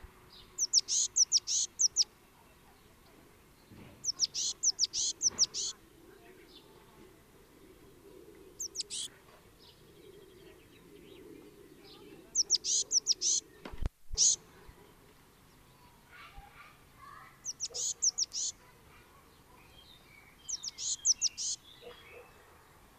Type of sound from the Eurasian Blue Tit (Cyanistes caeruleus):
song